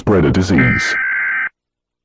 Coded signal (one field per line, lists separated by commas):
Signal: Emergency Alert System (SAME) tones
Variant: header bursts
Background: speech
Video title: EAS Scenario: National Lockdown